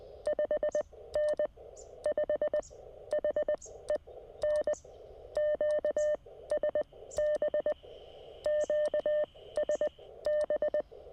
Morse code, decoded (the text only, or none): 5N 5 HEN QSB QSB